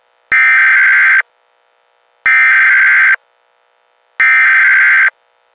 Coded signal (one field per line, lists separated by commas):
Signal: Emergency Alert System (SAME) tones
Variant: header bursts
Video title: [EAS Scenario] - Overcasted